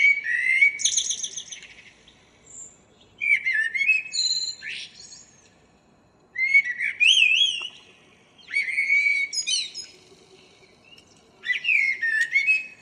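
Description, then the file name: Common blackbird song: five phrases with short pauses between them, mixing low melodious whistles with high twittering flourishes. "Turdus merula"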